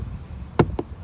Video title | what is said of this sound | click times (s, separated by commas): How to install door projector lights on ANY CAR (EASY MOD!) - Tested on Acura RDX A-Spec | There we go, you can hear a pop and it comes out by itself like that. | 0.6 s